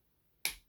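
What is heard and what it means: A plastic nose cone on a transforming robot toy is folded up into a toy jet body for jet mode. It did not click at first, but after a harder push it snaps into place with a single sharp click at 0.5 seconds. The nose section is now seated.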